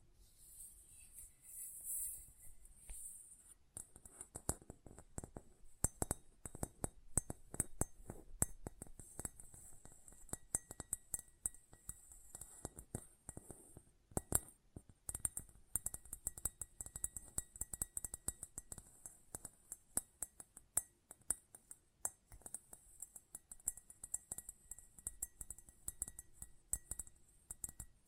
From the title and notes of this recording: ASMR Close Up Metallic Sounds (No Talking).